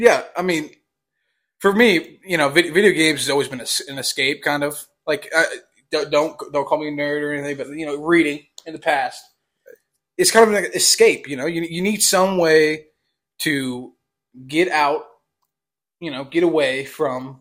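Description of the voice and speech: Casual speech from an adult man who stutters, with part-word and word repetitions, a stretched sound and hesitant pauses.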